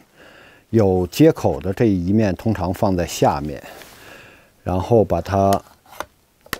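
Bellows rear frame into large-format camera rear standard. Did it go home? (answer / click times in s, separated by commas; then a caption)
yes / 6.5 s. Someone talks while fitting the rear frame of a camera bellows into the rear standard of a large-format camera body, with the side that has the interface placed at the bottom. After the talking, a soft knock sounds at 6.0 s, and a sharp click at 6.5 s is the frame snapping into place, after which the two locking knobs are to be tightened.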